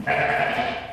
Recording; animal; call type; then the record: contact call of a hoofed animal; sheep; low-frequency (closed-mouth) or high-frequency (open-mouth) call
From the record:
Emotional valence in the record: negative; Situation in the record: short social isolation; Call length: 0.94 s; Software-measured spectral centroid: 1860 Hz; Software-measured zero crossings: 2500 a second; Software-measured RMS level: -24 dBFS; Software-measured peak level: -9 dBFS